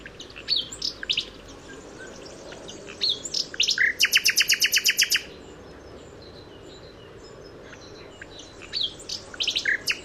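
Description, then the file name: Common nightingale song: scattered high clicks and whistles leading into a fast, loud, even trill of repeated notes, then a pause and more varied phrases. "Luscinia megarhynchos"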